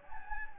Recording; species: mosquito wingbeat signal from an infrared sensor; Anopheles gambiae